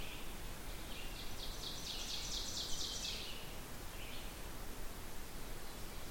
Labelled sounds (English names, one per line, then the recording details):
Ovenbird song
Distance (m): 65 m
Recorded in boreal forest in Alberta, Canada, on 16 June 2016 at 08:04
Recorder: SongMeter 3, array SBT-3-32
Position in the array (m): 144 m, 26 m
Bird 36